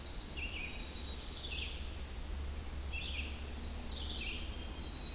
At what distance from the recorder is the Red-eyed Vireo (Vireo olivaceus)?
about 50 m